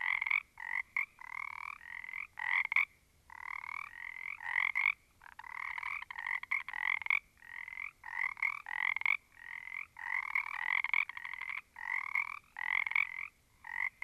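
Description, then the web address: Small frog chorus, raspy pulsed croaks repeated steadily by several overlapping callers throughout, with only brief silent gaps. A small group of frogs. "static audio olofonia Small Group of Frogs"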